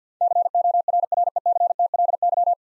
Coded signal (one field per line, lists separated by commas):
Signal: Morse code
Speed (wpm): 50 wpm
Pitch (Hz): 700 Hz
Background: none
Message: CORRECTLY